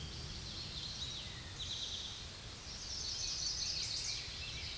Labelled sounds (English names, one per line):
Eastern Towhee song